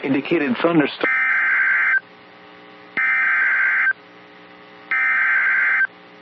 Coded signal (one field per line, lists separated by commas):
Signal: Emergency Alert System (SAME) tones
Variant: header bursts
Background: speech